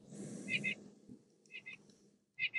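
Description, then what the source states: Nuthatch mobbing calls: three paired nasal notes spaced about a second apart, with a hissing, rumbling noise at the start. Mobbing call, given when a mixed-species flock mobs a screech owl in its territory.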